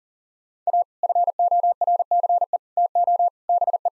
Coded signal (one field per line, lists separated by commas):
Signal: Morse code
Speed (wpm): 40 wpm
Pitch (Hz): 700 Hz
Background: none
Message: A FORCE TO BE